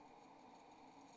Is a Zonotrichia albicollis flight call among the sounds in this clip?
no